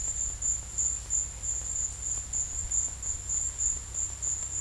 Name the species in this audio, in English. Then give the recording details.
none. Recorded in dense forest near Puerto Asís, Putumayo, Colombia, on 18 February 2024 at 12:30. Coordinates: 0.487, -76.319. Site G6403